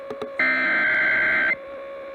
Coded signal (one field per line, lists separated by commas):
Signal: Emergency Alert System (SAME) tones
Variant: header bursts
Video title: Tornadic Nightmare... EAS Alerts from 12/16/19 (EAS #184-197)